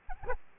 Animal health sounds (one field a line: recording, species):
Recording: mosquito wingbeat signal from an infrared sensor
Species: Aedes aegypti